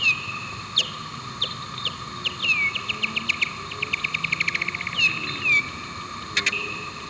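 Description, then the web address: Bat calls: sharp downward-sweeping chirps with hooked tails, then a burst of rapid clicks near the middle, and a steady background hum. "wilkinson SFT Bat"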